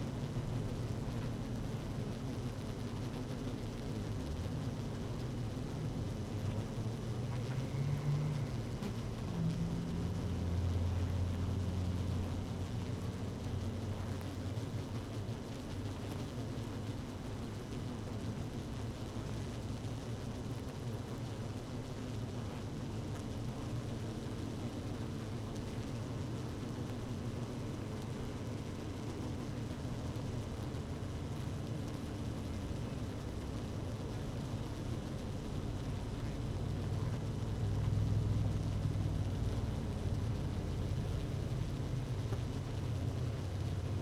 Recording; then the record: honeybee colony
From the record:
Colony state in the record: active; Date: 12 June 2018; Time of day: 17:16